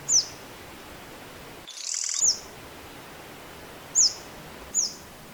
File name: suara panggilan burung madu matari. omkicau